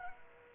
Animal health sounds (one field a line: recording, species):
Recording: mosquito wingbeat signal from an infrared sensor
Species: Aedes aegypti